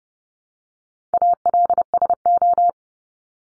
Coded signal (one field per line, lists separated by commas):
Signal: Morse code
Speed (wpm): 30 wpm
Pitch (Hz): 700 Hz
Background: none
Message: ALSO